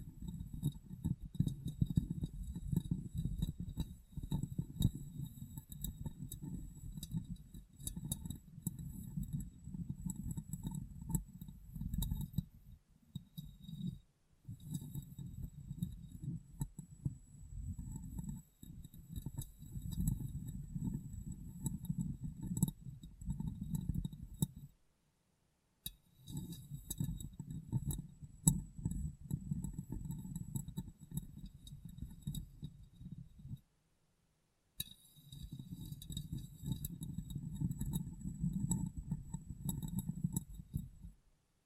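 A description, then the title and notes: Tapping and cleaning on a glass brain: a dense, muffled stream of low rubbing and tapping with faint clinks and ticks on top. The texture stays busy and steady, broken by brief silent pauses near 13, 25 and 34 seconds. ASMR Glass Brain Tapping & Cleaning (No Talking).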